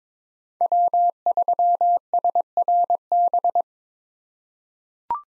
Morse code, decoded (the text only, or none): W3SRB